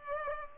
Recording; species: mosquito wingbeat signal from an infrared sensor; Culex pipiens